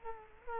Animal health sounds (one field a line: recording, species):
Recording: mosquito wingbeat signal from an infrared sensor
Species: Culex quinquefasciatus